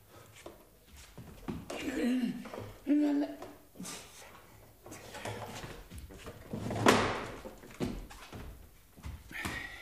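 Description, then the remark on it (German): A drawer is pulled open with wooden scraping and a few sharp knocks, set among soft shuffling and handling noises, as someone takes a banana out of it. “Er blickt vor sich hin, schließt die Augen, senkt den Kopf, geht zur Schublade und nimmt eine zweite Banane heraus.”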